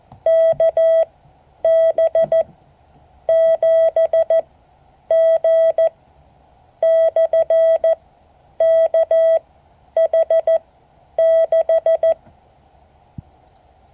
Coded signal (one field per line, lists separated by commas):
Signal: Morse code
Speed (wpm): 14 wpm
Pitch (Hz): 650 Hz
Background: none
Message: KB7G/KH6